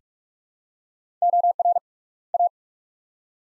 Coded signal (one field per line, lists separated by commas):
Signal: Morse code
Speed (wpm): 42 wpm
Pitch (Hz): 700 Hz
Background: none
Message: OR A